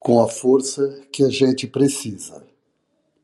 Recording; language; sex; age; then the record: spoken sentence; Brazilian Portuguese; male; 60 to 69 years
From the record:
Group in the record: control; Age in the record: 65 years